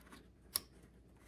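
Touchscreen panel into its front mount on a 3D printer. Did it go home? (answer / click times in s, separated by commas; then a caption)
yes / 0.6 s. A plastic touchscreen panel is pressed into its mounting bracket on the front of a Bambu Lab X1 Carbon 3D printer after several tries. Against a quiet background, a single loud, sharp, very brief snap sounds at 0.55 s. The panel locks in place, seated.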